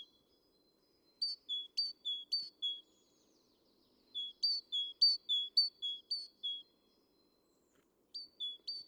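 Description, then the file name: Great tit singing a rhythmic see-saw of high then lower whistled notes, delivered in three strophes separated by short silences. "Parus major"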